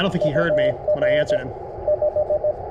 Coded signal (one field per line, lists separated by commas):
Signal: Morse code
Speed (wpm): 20 wpm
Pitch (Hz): 600 Hz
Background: speech, radio noise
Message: UR 5